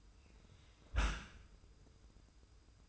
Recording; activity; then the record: daily activity, microphone in the room; close dishwasher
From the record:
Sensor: 2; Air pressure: 990.3 hPa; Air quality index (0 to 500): 209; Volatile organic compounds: 1000 ppm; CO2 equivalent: 6700 ppm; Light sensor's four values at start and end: 27/63/26/26 and 27/63/26/25